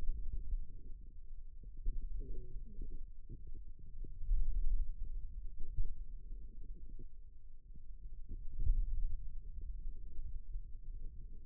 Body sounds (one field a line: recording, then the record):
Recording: forearm muscle sounds (acoustic myography)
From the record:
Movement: pen grasping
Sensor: system 2, bracelet of six BSWA MPA416 microphones around the upper forearm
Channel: 4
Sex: male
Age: 22 years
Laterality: right